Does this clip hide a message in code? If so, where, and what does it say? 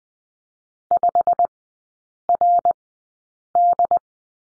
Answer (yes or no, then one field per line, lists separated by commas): yes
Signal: Morse code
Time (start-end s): 0.9-4.0 s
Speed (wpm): 20 wpm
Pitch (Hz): 700 Hz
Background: none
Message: 5RD